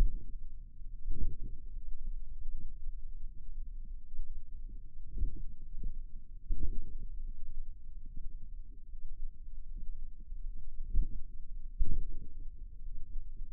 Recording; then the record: forearm muscle sounds (acoustic myography)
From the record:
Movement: finger pinch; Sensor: system 2, bracelet of six BSWA MPA416 microphones around the upper forearm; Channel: 4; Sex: female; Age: 23 years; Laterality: right